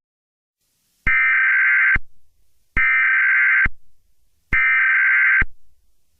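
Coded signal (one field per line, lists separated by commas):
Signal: Emergency Alert System (SAME) tones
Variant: header bursts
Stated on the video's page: Fan-made test of a Philippines alert system broadcast takeover following commercials; not real.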